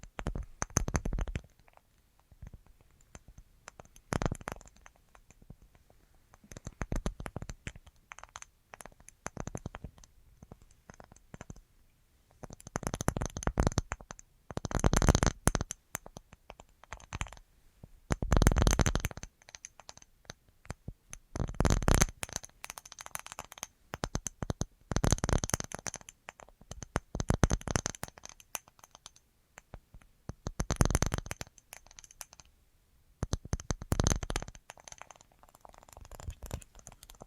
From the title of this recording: Tingliest Tapping Assortment